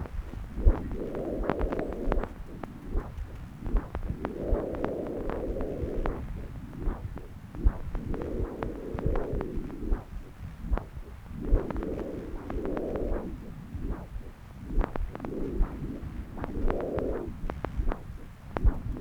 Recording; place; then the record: Doppler ultrasound of blood flow; left subclavian vein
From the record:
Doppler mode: continuous wave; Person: adult scuba diver, at rest before a dive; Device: O'Dive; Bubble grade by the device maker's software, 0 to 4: 0